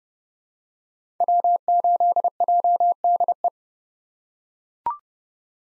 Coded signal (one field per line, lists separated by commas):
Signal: Morse code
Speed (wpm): 32 wpm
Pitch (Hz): 700 Hz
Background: none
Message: W8JDE